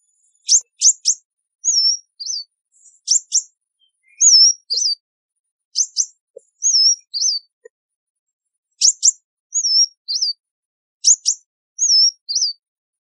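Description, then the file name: Sunbird calling: groups of two or three piercing chips followed by a twisting whistled couplet, repeated about five times with a few faint ticks between. "Tieng chim hut mat"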